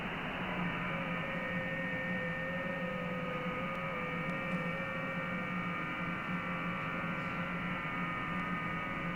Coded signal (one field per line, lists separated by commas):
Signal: FT8